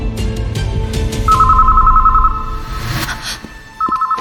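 A telephone rings with a rapid, warbling electronic trill, one burst lasting about a second and another starting just before the end, over a low, rumbling background.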